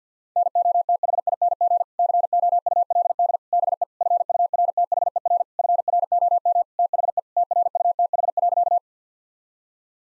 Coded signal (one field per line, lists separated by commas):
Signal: Morse code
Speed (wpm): 50 wpm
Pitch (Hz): 700 Hz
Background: none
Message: NOTHING COULD BE FURTHER FROM THE TRUTH.